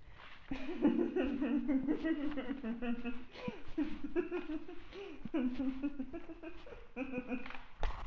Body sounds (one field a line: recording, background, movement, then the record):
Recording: laughter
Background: quiet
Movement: walking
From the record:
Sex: female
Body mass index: 36.4 kg/m2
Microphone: on the chest, facing outward